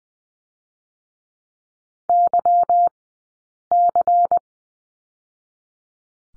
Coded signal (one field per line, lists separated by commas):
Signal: Morse code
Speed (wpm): 20 wpm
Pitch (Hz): 700 Hz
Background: none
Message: Y C